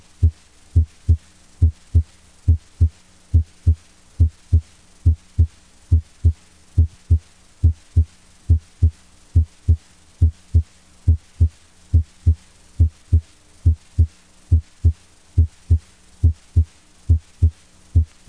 S1 split. A split S1 can often be heard as the stethoscope is inched from the mitral area toward the tricuspid area. Normally, M1 is heard before T1. This split is easier to hear during expiration. Now listen to the M1 and T1 components of S1.